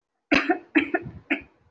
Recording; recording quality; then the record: shallow voluntary cough; excellent, no background noise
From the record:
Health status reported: COVID-19 positive, moderate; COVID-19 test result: positive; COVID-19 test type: RT-PCR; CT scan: taken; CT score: 1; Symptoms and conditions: fever, fatigue, loss of smell and taste, another condition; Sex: female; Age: 30 years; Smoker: no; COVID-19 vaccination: both doses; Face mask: worn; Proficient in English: yes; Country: India